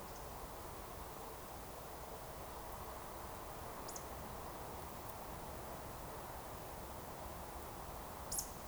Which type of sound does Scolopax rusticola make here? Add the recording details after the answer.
whistle. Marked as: whistle, whistle, whistle. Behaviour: display flight. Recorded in Baden-Württemberg, Germany, on 14 June 2020 at 20:19 UTC. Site 43791, 788 m above sea level